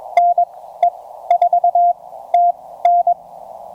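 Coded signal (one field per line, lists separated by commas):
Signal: Morse code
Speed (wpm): 20 wpm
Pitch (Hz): 690 Hz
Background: radio noise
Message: NE4TN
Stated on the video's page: CW park activation with a Penntek TR-35 on 40 m and then 20 m.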